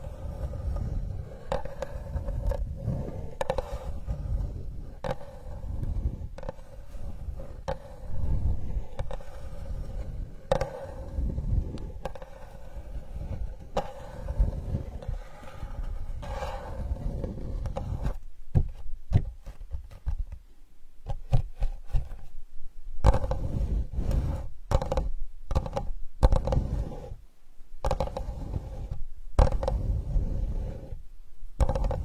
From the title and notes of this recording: Healing sandalwood tapping experience SPA.